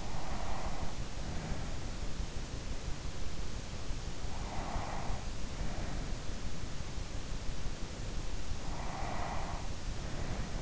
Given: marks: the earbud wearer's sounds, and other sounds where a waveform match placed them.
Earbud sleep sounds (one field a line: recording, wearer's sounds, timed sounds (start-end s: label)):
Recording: sounds in sleep by an in-ear microphone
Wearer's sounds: breath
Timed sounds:
0.00-1.81 s: breath
4.27-6.56 s: breath
8.52-10.62 s: breath